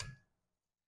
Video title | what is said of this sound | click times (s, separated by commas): Carls Tips: Changing Wiperblades on a Nissan Rouge | slides into and then you should hear a small click | 0.0 s